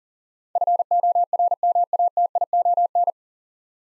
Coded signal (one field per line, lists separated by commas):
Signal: Morse code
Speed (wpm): 43 wpm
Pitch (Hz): 700 Hz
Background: none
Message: FORMATION